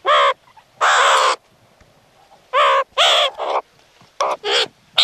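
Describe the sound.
Meerkat calls: separate loud, raspy squawks, some short and some half a second long, spaced by quiet pauses of up to about one and a quarter seconds.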